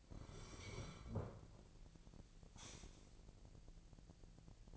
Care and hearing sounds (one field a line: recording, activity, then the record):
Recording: daily activity, microphone in the room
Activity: sit down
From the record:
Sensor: 5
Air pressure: 1002.0 hPa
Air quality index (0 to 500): 248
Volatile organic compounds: 30 ppm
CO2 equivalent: 2968 ppm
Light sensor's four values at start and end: 40/94/39/43 and 40/94/39/43